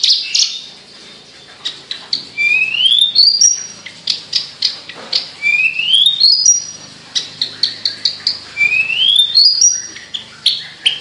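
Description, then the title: Javan bush lark song: quick high chirps punctuated by a thin, slurred rising whistle that recurs about every three seconds. Local name branjangan; song described as gacor. "Branjangan Gacor Petir 1"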